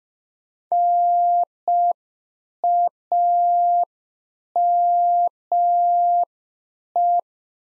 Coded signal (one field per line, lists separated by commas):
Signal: Morse code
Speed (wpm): 5 wpm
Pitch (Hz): 700 Hz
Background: none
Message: NAME